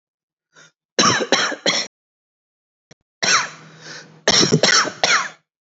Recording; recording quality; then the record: heavy voluntary cough; excellent, no background noise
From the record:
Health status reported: healthy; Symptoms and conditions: none ticked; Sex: male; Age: 43 years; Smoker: not ticked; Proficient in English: yes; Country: India